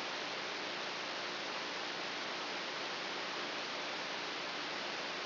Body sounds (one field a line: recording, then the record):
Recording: brain microelectrode recording played as sound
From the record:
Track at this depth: outside the subthalamic nucleus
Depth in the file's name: 5.001 mm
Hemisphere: right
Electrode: 3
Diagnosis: Parkinson's disease